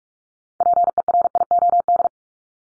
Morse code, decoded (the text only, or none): PERIOD